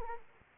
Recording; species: mosquito wingbeat signal from an infrared sensor; Anopheles arabiensis